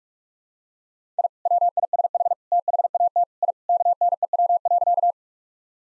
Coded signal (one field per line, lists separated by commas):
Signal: Morse code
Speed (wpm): 46 wpm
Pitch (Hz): 700 Hz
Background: none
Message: I WISH THAT I KNEW.